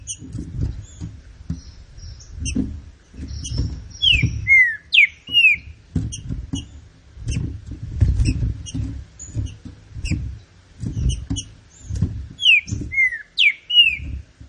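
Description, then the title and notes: Green-winged saltator gives two rich whistled phrases of descending slurs, separated by sharp high ticking and steady low thumping noise. Classic song style (canto clássico) of the trinca-ferro, presented as training material. "Canto Clássico Trinca Ferro TREINAMENTO. trinca fero"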